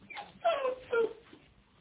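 A dog named Fido gives two short, high-pitched whimpering yips, each sliding downward in pitch, followed by a softer trailing whine. No one speaks.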